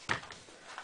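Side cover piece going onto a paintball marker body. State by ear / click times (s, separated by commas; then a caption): seated / 0.1 s. A side cover piece is pressed onto the body of a paintball marker on the second try. It snaps into place with a sharp, short click at 0.1 s, followed by two fainter ticks, and the piece is seated.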